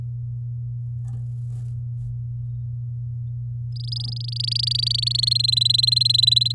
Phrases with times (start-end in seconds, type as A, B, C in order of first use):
3.76-5.29 A, 5.31-6.53 B